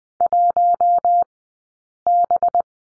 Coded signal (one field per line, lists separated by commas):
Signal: Morse code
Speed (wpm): 20 wpm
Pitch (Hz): 700 Hz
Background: none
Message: 1B